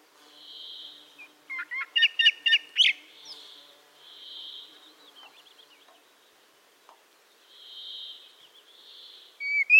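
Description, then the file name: Common blackbird song, quieter: a series of short, chord-like notes ending in a sharp squeak, with faint hissing sounds recurring in the background. "Turdus merula"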